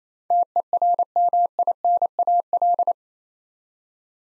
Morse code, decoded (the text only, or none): TERMINAL